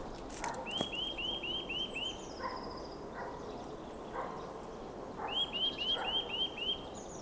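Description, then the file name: Eurasian nuthatch calling in two fast bursts of rising piping notes, five or six each, separated by a pause with faint softer chirps and constant low rushing noise. "Sitta europaea"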